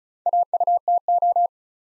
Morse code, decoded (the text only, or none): AUTO